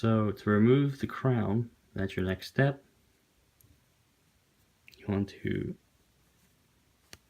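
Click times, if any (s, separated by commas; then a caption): 7.1 s. Someone talks while the screw-down crown of a Seiko dive watch with a 7S26 movement, set in the watch case on the movement stem, is unscrewed. At 7.1 s a single sharp click is heard as the crown pops out to its first click stop, before the time-set position, releasing it.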